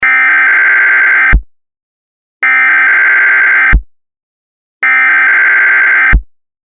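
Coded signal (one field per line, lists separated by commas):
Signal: Emergency Alert System (SAME) tones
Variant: header bursts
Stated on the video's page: Fake EAS capture of a Local Area Emergency for Riverview, MI; not a real alert.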